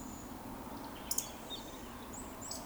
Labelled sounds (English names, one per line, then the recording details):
Eurasian Woodcock
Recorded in Baden-Württemberg, Germany, on 16 June 2020 at 20:21 UTC
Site 14569, 102 m above sea level